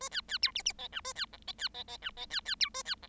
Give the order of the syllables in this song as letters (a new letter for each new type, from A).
A B B C D D E F A B G E B E E F E B B C A B G